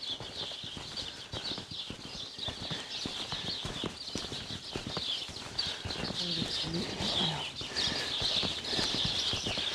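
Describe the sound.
Steady clip-clop of horse hooves at a slow walk in fog, an even rhythm of soft thuds, with high chirping from a bush full of birds running through and a voice briefly speaking near the end.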